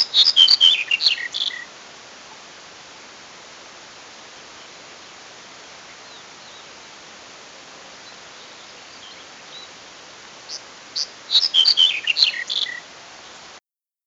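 Black-headed bunting song: a brief jangling, twittering phrase at the start, then near silence with soft hiss, then a second scratchy, tumbling phrase near the end.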